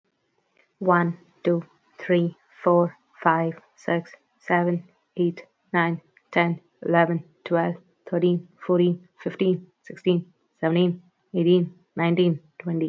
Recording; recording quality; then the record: counting at a normal pace; excellent, no background noise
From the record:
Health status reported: healthy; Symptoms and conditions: none ticked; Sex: female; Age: 19 years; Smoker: not ticked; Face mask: not worn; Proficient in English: yes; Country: India